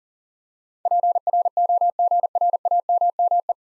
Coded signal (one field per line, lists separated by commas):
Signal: Morse code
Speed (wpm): 37 wpm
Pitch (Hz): 700 Hz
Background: none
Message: PROGRAMME